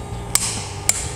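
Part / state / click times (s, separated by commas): torque wrench on wheel nuts of a car / torque reached / 0.4 s, 0.9 s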